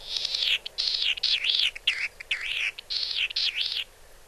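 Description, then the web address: Latham's snipe giving a rapid run of wavering, rising-and-falling notes in several bursts. Recorded in Nagano, Japan, on 20 June 2007. "koe oojishigi 070620 nagano kaji"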